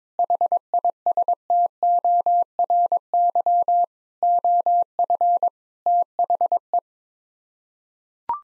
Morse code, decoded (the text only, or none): HISTORY OF THE